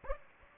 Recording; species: mosquito wingbeat signal from an infrared sensor; Aedes aegypti